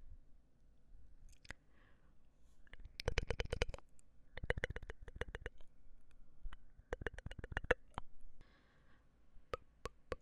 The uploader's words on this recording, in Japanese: 戳戳你的眼睛 | 口腔音×視覺觸發 | MouthSounds | Visual Triggers | NO Talking。